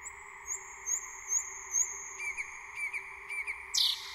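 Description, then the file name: Thrush nightingale song phrase of short high whistles repeated about twice a second, then brief chipping notes and a harsh burst at the end, with constant background hum. "SLOWIK SZARY"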